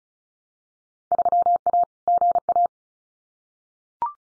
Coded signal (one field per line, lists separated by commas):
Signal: Morse code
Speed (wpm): 34 wpm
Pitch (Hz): 700 Hz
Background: none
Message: 3A GA